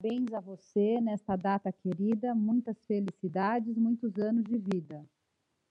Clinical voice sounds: short text; Brazilian Portuguese; female; 40 to 49 years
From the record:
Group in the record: control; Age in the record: 46 years

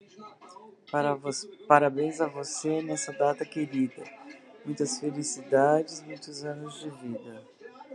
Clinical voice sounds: short text; Brazilian Portuguese; female; 60 to 69 years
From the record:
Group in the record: control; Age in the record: 65 years

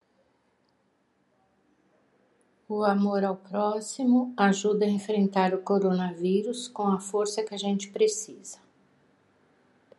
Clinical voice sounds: spoken sentence; Brazilian Portuguese; female; 60 to 69 years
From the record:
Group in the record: control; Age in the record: 63 years

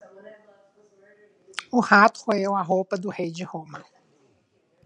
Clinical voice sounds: spoken sentence; Brazilian Portuguese; female; 40 to 49 years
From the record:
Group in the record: control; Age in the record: 49 years

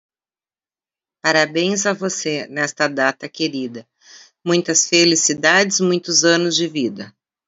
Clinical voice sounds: short text; Brazilian Portuguese; female; 50 to 59 years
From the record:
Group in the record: control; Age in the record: 58 years

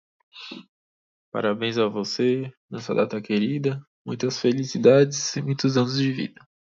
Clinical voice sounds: short text; Brazilian Portuguese; male; 20 to 29 years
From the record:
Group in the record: control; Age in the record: 24 years

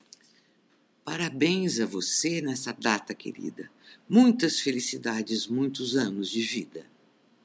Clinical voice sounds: short text; Brazilian Portuguese; female; 60 to 69 years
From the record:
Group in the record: control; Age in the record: 68 years

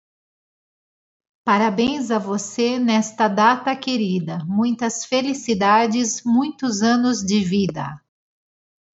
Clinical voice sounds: short text; Brazilian Portuguese; female; 40 to 49 years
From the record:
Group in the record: control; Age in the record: 45 years

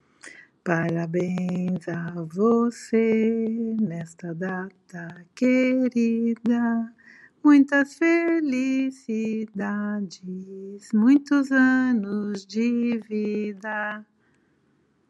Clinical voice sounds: short text; Brazilian Portuguese; female; 60 to 69 years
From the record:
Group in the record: control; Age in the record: 68 years

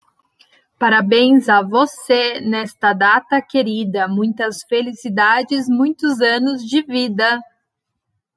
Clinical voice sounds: short text; Brazilian Portuguese; female; 30 to 39 years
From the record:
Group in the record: control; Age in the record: 37 years

